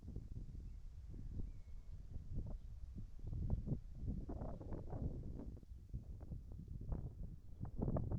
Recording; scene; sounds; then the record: everyday scene through a hearing-aid microphone; wind on the microphone; wind, whistling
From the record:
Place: in front of a rural house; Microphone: behind the ear, right, front